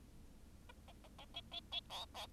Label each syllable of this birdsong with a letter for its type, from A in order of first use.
A A A A B B B C C